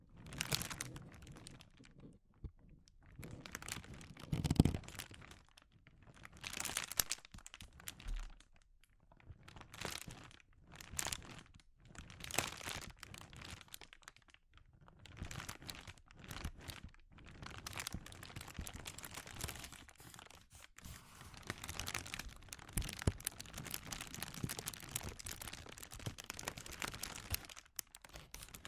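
Sensitive crinkles: dense, irregular crackling and rustling runs through the whole 29 seconds, bright and papery, in clustered bursts with short gaps between. One sharper crack lands near 4.5 seconds, and the texture grows busier and more continuous after about 15 seconds.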